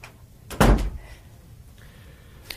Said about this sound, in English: I'll go on in then and shut the door after you. Keep the draft out.